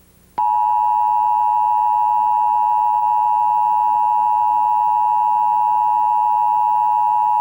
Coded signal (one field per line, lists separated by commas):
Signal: Emergency Alert System (SAME) tones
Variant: 853 and 960 Hz attention tone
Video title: WFAA Channel 8 [Dallas-Fort Worth, TX] - "Emergency Broadcast System Test" (1978)